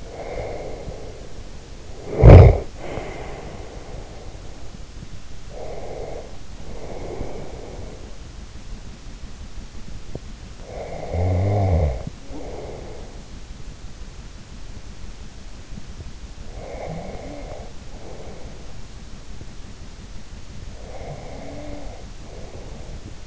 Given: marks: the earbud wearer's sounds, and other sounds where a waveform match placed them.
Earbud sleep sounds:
sounds in sleep by an in-ear microphone; snoring breath, breath, teeth grinding
0.00-4.71 s: snoring breath
5.23-8.40 s: breath
9.83-10.61 s: teeth grinding
10.61-13.38 s: snoring breath
16.35-18.81 s: snoring breath
20.61-23.27 s: snoring breath

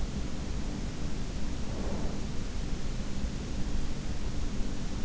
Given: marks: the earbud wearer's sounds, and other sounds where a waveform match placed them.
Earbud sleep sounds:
sounds in sleep by an in-ear microphone; breath
0.63-2.55 s: breath

